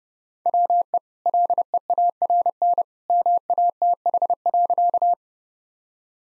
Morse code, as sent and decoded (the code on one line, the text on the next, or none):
.-- . / .-.. . .- .-. -. / -- .- - .... .-.-.-
WE LEARN MATH.